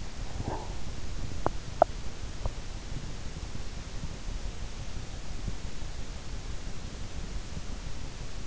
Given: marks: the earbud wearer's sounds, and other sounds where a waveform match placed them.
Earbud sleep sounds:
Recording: sounds in sleep by an in-ear microphone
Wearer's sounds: breath, teeth grinding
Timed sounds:
0.31-0.86 s: breath
1.31-2.86 s: teeth grinding

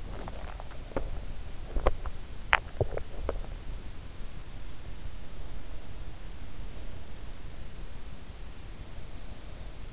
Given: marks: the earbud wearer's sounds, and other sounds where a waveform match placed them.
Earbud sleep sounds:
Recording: sounds in sleep by an in-ear microphone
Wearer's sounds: teeth grinding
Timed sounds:
0.00-3.68 s: teeth grinding

